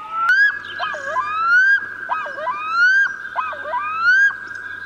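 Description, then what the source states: Black-throated loon calling: long, rising clear wailing notes alternating with dipping, yodel-like phrases, repeated in three cycles over several seconds. Described as a fantastic sound and a very beautiful, fairly large bird; recently arrived, found on inland lakes including those in Tyresö.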